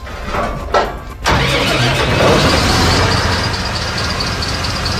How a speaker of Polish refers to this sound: To jest pompa Global Pump, która jest wyposażona w silnik diesla w układzie V. Składa się ona z linii sawnej. Linia sawna składa się z 3 odcinków. Każdy odcinek ma 4 metry, zakończony smokiem sawnym i smok potrzebuje 2 metrów minimum zanurzenia.